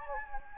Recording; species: mosquito wingbeat signal from an infrared sensor; Anopheles gambiae